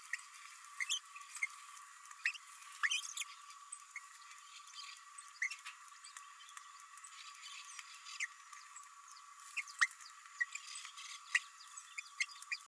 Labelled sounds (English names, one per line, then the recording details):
Green-rumped Parrotlet babbling
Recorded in a nest box in Venezuela
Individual 18B104A3